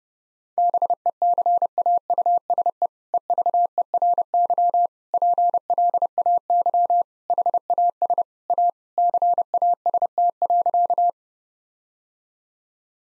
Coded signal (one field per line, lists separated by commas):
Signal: Morse code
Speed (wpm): 28 wpm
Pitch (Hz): 700 Hz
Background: none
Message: BECAUSE EVERY PLAY HAS A CAST.